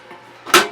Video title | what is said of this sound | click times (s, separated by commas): Upgrading Ram in the Dell Optiplex 760 | then push down until it click | 0.5 s